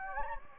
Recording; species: mosquito wingbeat signal from an infrared sensor; Anopheles gambiae